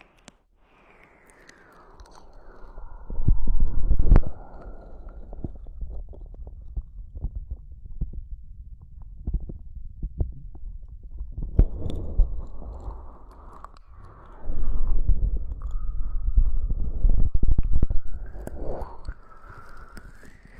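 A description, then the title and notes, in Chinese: Cold gel is gently massaged over an ear, with soft squishing and rubbing. The sound swells into louder, wetter pressings around four seconds, twelve seconds and again from fifteen to eighteen seconds, with sliding squeaky tones in between. 用冷凝胶轻轻按摩耳朵。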